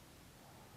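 A clip-on fisheye lens is being handled over a phone's camera lens, giving only a steady, faint hiss of low noise with a slight rise in level near the end. Nothing has seated or clicked yet.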